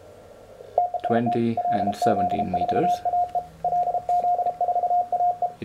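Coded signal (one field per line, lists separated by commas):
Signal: Morse code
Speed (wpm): 33 wpm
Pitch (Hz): 710 Hz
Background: speech, radio noise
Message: TEST LZ4AE LZ4AE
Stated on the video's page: Elecraft K1, a five-watt two-band HF CW transceiver kit.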